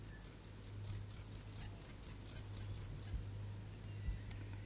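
South Island fantail song: a rapid, even string of very high, squeaky notes for about three seconds, then quiet with faint background hum.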